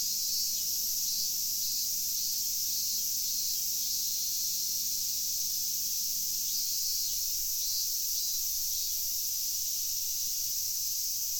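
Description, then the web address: Cicadas buzzing in a steady, high, continuous drone that holds unchanged throughout, with a faint low hum below that stops partway through. Recorded in a university parking lot in Fukushima on 12 August 2011. "fukudai parking cicada at parking 0812"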